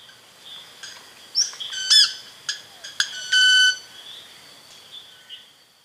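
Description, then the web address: Club-winged Manakin giving sharp clicking ticks that lead into one steady ringing note held briefly, with insect hum and faint birds behind. Recorded in Ecuador. "Birds of Ecuador. Club-winged Manakin"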